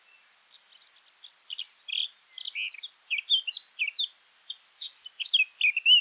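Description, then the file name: Eurasian blackcap song of varied chirps and slurred whistles, starting soft and scratchy and becoming louder and more fluting toward the end. "Sylvia atricapilla"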